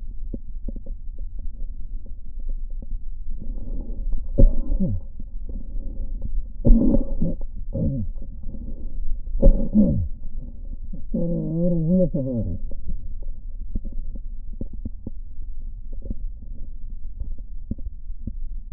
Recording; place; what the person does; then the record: lung sounds by stethoscope; left posterior basal chest; quiet breathing, then cough and speech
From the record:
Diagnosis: COPD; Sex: male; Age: 77 years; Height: 172 cm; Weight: 85.2 kg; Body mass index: 28.8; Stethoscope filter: diaphragm mode